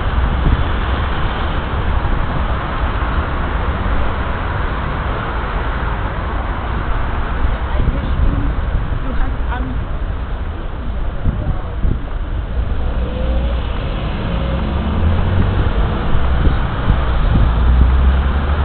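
Loud, steady traffic roars through a busy city intersection, with a constant low rumble of engines and passing vehicles that never lets up. Faint voices and brief tonal squeals surface around the middle and late in the clip, while wind buffets the microphone.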